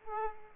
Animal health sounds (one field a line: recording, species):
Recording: mosquito wingbeat signal from an infrared sensor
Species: Aedes aegypti